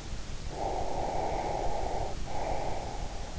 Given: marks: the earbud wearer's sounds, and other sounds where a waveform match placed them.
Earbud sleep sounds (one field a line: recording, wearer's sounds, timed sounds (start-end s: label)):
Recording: sounds in sleep by an in-ear microphone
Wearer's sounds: breath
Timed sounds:
0.52-3.26 s: breath